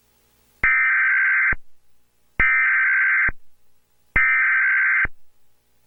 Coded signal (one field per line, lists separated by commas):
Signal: Emergency Alert System (SAME) tones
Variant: header bursts